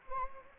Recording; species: mosquito wingbeat signal from an infrared sensor; Anopheles gambiae